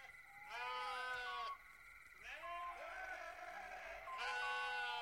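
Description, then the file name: Sheep bleating, three drawn-out calls with rich harmonics, over faint low background noise. Recorded at night. "Nacht, Schritte, Schaf"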